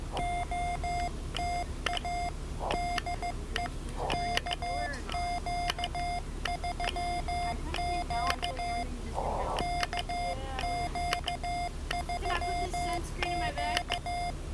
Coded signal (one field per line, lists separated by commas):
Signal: Morse code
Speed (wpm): 15 wpm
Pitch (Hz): 700 Hz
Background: none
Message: OTA DE KQ3Q KQ3Q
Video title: Morse Code (CW) Copying Practice - POTA at Biscayne National Park with YL #KQ3Q